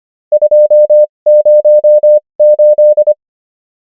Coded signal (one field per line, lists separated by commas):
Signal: Morse code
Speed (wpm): 25 wpm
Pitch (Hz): 600 Hz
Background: none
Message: 208